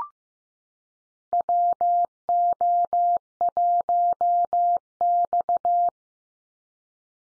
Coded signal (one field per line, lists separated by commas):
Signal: Morse code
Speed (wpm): 15 wpm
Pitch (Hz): 700 Hz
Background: none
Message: WO1X